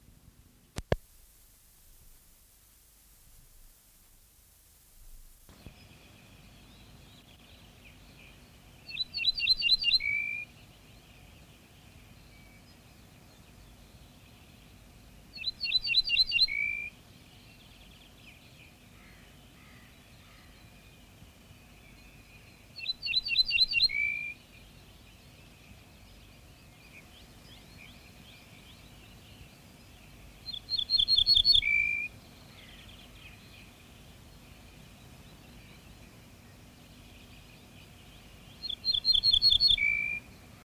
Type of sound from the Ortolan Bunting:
song